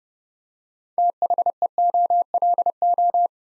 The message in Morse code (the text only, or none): THEOLO